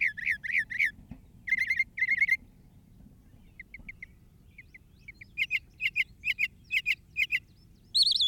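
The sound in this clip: Northern mockingbird song switching between phrase types: repeated ringing notes, soft quick ticks, then sharp bright notes in a steady series, ending in a high squeaky burst.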